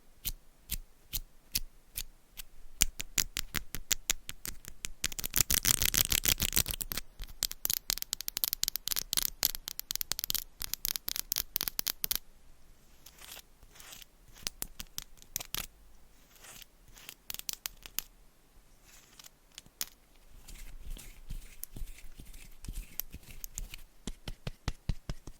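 Scratching and tapping: sharp, crisp taps come in quick irregular runs, with a dense, bright burst of scratching around the fifth to seventh second. After about twelve seconds the taps thin out and grow sparser, with a softer rustling stretch near the twentieth second.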